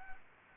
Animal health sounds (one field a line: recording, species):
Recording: mosquito wingbeat signal from an infrared sensor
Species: Anopheles arabiensis